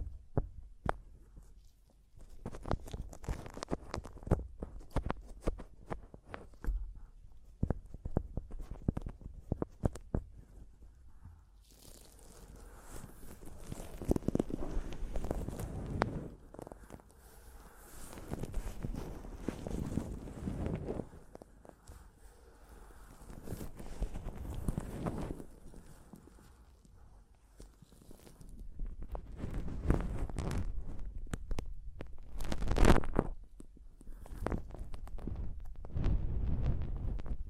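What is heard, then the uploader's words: Mic tapping and scratching: irregular knocks and thumps, mostly low and dull, come in uneven bursts throughout. From about 12 seconds a rough scraping texture joins, rising and falling in loudness in waves around 15, 20, 30 and 36 seconds, with one sharp bright crack near 33 seconds. ASMR Mic Tapping and Scratching (No Talking).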